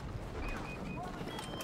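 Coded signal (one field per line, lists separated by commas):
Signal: none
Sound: video game sound effect beeps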